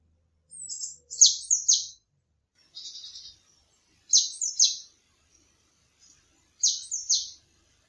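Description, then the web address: Eurasian blue tit calls: several groups of short, thin, high notes with quick buzzy trills, spaced irregularly, in an otherwise quiet background. "cianscape birddata Deverinetal 2025 File origin Bird Only Cy Ca"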